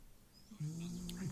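A dog named Star snoring while completely asleep: a low, steady droning snore concentrated below 200 Hz.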